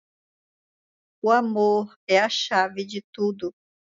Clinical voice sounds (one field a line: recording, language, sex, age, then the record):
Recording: short text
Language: Brazilian Portuguese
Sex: female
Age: 50 to 59 years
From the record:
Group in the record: control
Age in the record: 58 years